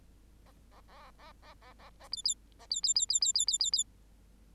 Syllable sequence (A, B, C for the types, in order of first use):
A A A A A A A A B B A B B B B B B B B B